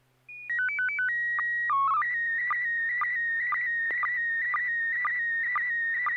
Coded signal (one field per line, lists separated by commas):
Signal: SSTV (slow-scan television)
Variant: PD 120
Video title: N6NA SSTV Net - 11/19/2025